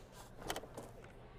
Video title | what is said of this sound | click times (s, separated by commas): Britax Advocate Clicktight Convertible Car Seat Forward Facing | you heard it click | 0.5 s